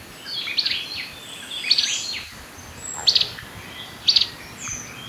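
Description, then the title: Black-crested warbler calling with bright, high chips, some doubled or tripled, spaced about a second apart against a soft hiss. "Myiothlypis Nigrocristata"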